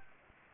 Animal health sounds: mosquito wingbeat signal from an infrared sensor; Anopheles arabiensis

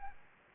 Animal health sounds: mosquito wingbeat signal from an infrared sensor; Anopheles gambiae

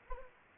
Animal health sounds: mosquito wingbeat signal from an infrared sensor; Anopheles arabiensis

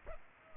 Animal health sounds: mosquito wingbeat signal from an infrared sensor; Culex pipiens

